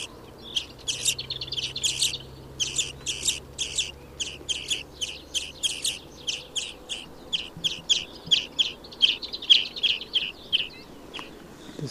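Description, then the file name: European greenfinch chattering in dense, rapid chirps, with a faint low hum through the first part. "Chloris chloris"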